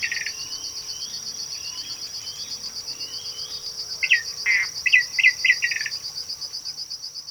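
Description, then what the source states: Many-colored rush tyrant calls, a quick run of short buzzy ticking notes near the end, over a steady high insect drone and faint rising whistles. Nominate subspecies Tachuris rubrigastra rubrigastra.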